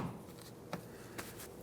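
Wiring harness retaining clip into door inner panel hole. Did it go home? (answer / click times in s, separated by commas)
yes / 0.7 s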